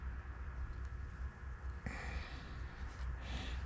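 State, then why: Not seated. A small plunger retainer is pressed down on top of the plunger in the carburetor body of a 2010 Mercury 20hp 4-stroke outboard (1F20412HK). Over a steady low hum, a single faint hit is heard at about 1.9 s, but it is not a click. The retainer fails to snap in, and nothing has seated or clicked.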